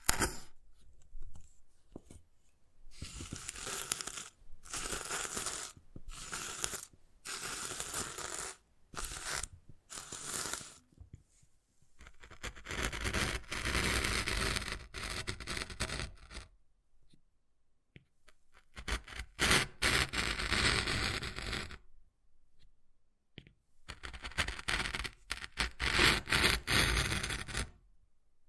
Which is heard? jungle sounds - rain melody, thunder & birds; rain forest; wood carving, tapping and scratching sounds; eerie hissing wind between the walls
wood carving, tapping and scratching sounds